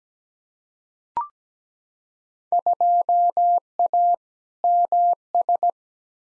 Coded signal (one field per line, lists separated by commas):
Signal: Morse code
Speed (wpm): 17 wpm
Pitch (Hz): 700 Hz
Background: none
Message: 2A MS